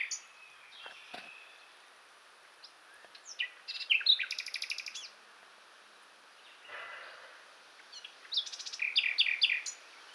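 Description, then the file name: Common nightingale song: isolated short notes and clicks, then two phrases of rapid repeated notes separated by a quiet gap. "Luscinia megarhynchos"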